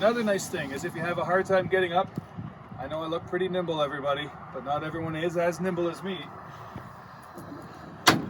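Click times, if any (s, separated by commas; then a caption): 8.1 s. Someone talks while the fold-out assist handle in the multi-flex tailgate of a 2021 Silverado High Country pickup is swung up. It locks into place with one sharp snap at 8.1 s, and the handle is seated.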